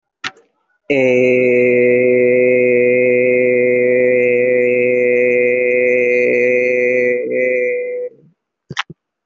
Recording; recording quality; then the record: sustained vowel as in made; excellent, no background noise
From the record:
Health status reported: respiratory illness, not identified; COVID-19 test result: negative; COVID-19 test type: RT-PCR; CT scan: taken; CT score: 0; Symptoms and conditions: another respiratory illness, another condition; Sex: male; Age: 20 years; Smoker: no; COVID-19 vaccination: one dose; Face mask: worn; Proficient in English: yes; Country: India